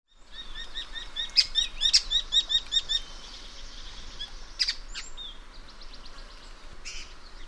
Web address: Babax lanceolatus. صدای-پرنده-باباکس-چینی